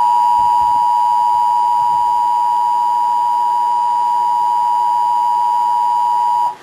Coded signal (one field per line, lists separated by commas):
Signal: Emergency Alert System (SAME) tones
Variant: 853 and 960 Hz attention tone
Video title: Emergency Alert System Test